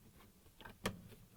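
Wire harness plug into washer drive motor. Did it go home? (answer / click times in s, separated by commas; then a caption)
yes / 0.9 s. A wire harness plug is pushed into the connector of a new Maytag washer drive motor, part W10832724, which fits Whirlpool and KitchenAid washers. Small taps and rustling come through at about 0.6 s. A sharp click at 0.9 s is the plug latching and seating in the motor connector.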